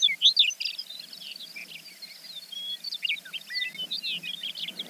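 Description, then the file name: Chestnut-collared longspur: a busy run of high, short chirping and twittering notes, loudest in the first half-second, then continuing as a steady scatter of chips. "Chestnut-collared Longspur - Calcarius ornatus"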